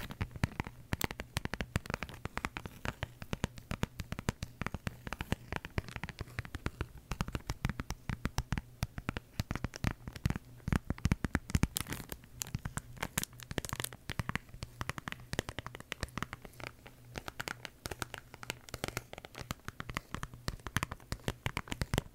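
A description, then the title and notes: Quick, irregular tapping clicks run throughout, dense and crisp with a crinkly texture, over a faint steady low hum. ASMR Tapping For Sleep (No Talking).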